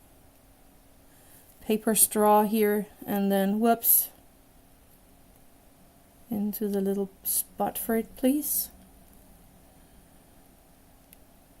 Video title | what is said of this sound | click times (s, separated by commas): Making a small Playground i 1:87 | I heard a tiny little click for it going into the little hole | 11.1 s